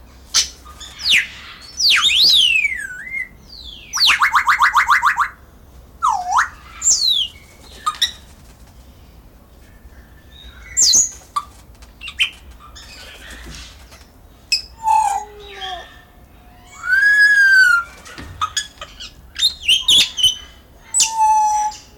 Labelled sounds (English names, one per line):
Grey Parrot call